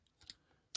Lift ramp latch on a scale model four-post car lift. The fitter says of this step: it locks into place and